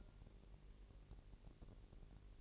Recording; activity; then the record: daily activity, microphone in the room; take from stove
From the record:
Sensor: 4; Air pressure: 1002.8 hPa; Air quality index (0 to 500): 235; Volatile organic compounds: 10 ppm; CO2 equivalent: 2201 ppm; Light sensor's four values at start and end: 7/15/6/6 and 7/15/6/6